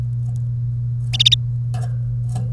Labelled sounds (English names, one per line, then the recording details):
Domestic Canary song
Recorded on 1 May 2018 at 09:32
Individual llb3